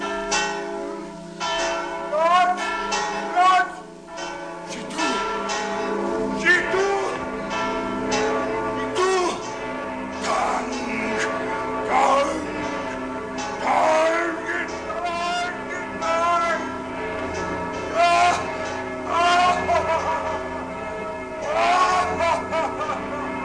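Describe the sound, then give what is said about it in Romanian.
Several church bells of Notre-Dame ring out together in a loud, overlapping peal, their bright metallic strikes repeating steadily with long shimmering tones sustained beneath, continuing without pause throughout. “Dar când clopotele sunau, pe chipul lui Quasimodo strălucea bucuria.”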